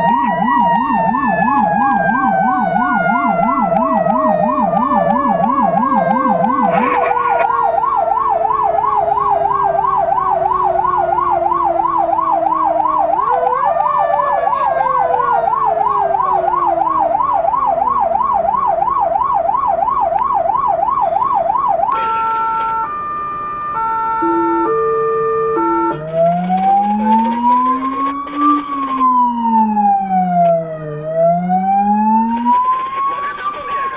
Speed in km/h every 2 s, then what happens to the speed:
44, 45, 50, 50, 53, 55, 53, 53, 55, 56, 56, 59, 54, 43, 28, 21, 18.
0-9 speeds up to 55. 9-23 steady at about 55. 23-34 brakes to 18.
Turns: none.